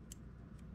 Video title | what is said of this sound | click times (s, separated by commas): Microtech OTF Exocet Review | all you got to do is pop it down like that take it pull it till you hear that click and then you are good to go again | 0.1 s